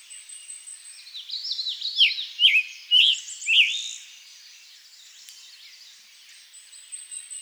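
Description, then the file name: Scarlet tanager delivering a short run of rough, burry phrases, with a steady thin high buzz in the background. "Scarlet Tanager Piranga olivacea"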